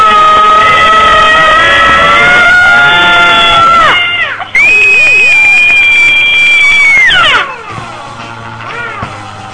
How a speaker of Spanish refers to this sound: Pero, ¿qué tal si en vez de descargar la furia peleando, nos vamos afuera y gritamos? ¿Gritamos juntos? A la una. A la dos y a la...